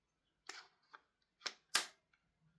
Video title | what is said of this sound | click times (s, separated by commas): GATE PTX HPA Airsoft Pistol #airsoft | Nice positive click. | 1.8 s